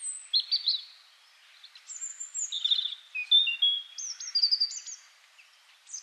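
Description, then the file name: European robin song: thin, high drawn-out whistles alternating with short trills and sweet warbled notes in a varied, unhurried sequence. "Erithacus rubecula"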